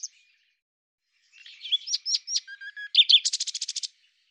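Common nightingale song beginning with soft notes, then three crisp whistled notes and a low steady tone, finishing in a rapid burst of loud repeated clicks.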